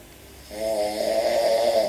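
After half a second of quiet room noise, an adult's loud, buzzing, tonal snore starts and holds through the end. It has a steady, droning, bellowing pitch, like a moose's mating call, the kind of sound that can set a dog off. This is heavy snoring with strong vibration of the upper airway during sleep.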